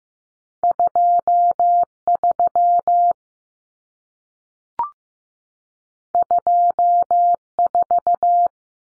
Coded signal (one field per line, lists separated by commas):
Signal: Morse code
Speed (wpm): 15 wpm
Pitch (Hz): 700 Hz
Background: none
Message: 23 24